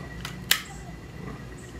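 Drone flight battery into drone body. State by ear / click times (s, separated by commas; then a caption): seated / 0.5 s. A flight battery is fitted into a FIMI X8 Mini V2 drone body in the correct orientation and pushed until it seats, with a sharp, bright click at 0.5 s after a fainter tap just before. The click is confirmed, and the battery is secure.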